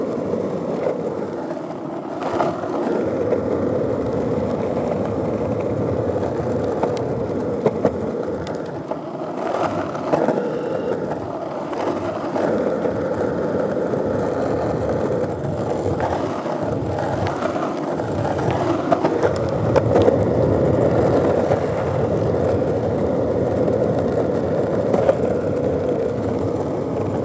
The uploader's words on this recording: Lakeshore Path. On a warm and breezy day, we cruise along a relatively smooth path near the lake's shoreline. A few twigs occasionally get in the way.